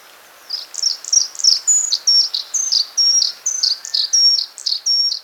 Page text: Blue-Capped Redstart Song. Quick Sounds